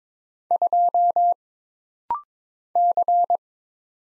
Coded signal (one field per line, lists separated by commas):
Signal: Morse code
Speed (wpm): 22 wpm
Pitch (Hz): 700 Hz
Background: none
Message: 2 C